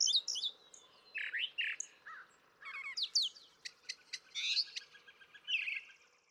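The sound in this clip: Brown thrasher song, softer and less clean, varied whistled and harsh phrases in quick succession over a faint background hiss.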